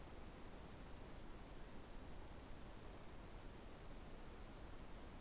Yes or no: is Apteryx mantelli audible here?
no